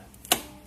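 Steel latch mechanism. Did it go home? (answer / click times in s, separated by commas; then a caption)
released / 0.3 s. A Daihatsu Taruna's interior hood release lever under the dashboard is pulled downward, its cable acting on the bonnet latch. Two faint ticks come at 0.1 and 0.3 s, then a sharp click at 0.3 s as the latch releases, so the hood can now be opened from the front.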